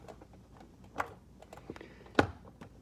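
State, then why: Seated. Someone presses the lock button on a hood dryer, pulls its plastic hood all the way back and presses it down onto its stand. Small knocks and taps come before a sharp, loud click at 2.2 s as the hood's lock engages. The hood locks into place and stays there.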